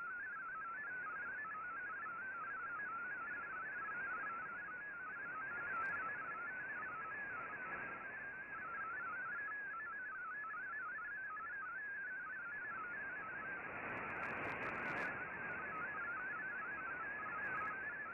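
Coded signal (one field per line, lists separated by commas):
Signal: multi-tone FSK (Olivia or MFSK type)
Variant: MFSK32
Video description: Here is my decode of the Shortwave Radiogram broadcast today on 15770Khz shortwave radio at 1300UTC in MFSK32 and 64 with 9 SSTV images.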